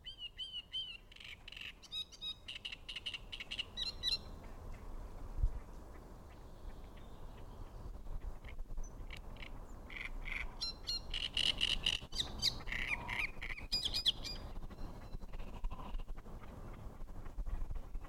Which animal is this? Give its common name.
Great Reed Warbler